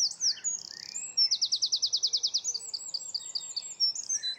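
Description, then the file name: Eurasian wren song, intense and very high, with sharp twittering notes running into a long, evenly pulsed trill and more rapid chatter. "Troglodytes troglodytes"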